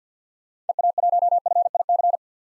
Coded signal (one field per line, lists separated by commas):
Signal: Morse code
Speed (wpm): 45 wpm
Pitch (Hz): 700 Hz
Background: none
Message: EA1FIC